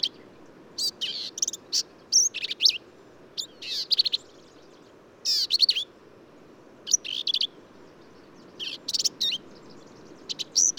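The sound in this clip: Black-capped Vireo with a lively string of varied, high chattering and whistled phrases, delivered rapidly with brief gaps, over a faint continuous background rush.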